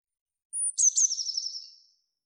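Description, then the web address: Eurasian blue tit gives a high, thin introductory whistle followed by a fast, liquid trill of repeated notes that trails off softly, with silence around it. "cianscape birddata Deverinetal 2025 File cleaned normalized Bird Cy Ca"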